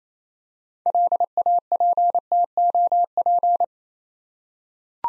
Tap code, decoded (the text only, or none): none